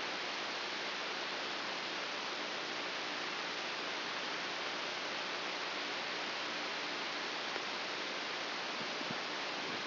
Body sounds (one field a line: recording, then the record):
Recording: brain microelectrode recording played as sound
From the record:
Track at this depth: inside the subthalamic nucleus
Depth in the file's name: 3.502 mm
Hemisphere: left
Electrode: 2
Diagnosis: Parkinson's disease